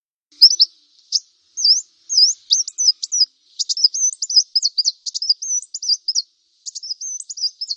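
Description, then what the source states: Brown-throated Sunbird song, a lively run of high, thin slurred and zigzag notes, speeding into a dense twittering stream after a few spaced phrases. Local name kolibri kelapa; described as gacor, singing vigorously.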